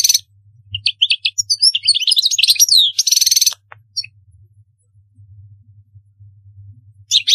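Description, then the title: European goldfinch delivering a lively twittering phrase of sharp chirps, slurred notes and a buzzy trill, then a long pause before another brief burst. "Chant Chardonneret"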